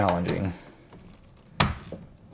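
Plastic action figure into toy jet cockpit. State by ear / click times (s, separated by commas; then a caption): not seated / none. Someone talks briefly while pressing a plastic action figure into the cockpit of a G.I. Joe Retro HasLab Skystriker toy jet, with faint handling taps and a sharp, loud plastic knock near 1.6 s. The figure fails to seat in the cockpit, and nothing has clicked into place yet.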